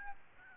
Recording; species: mosquito wingbeat signal from an infrared sensor; Aedes albopictus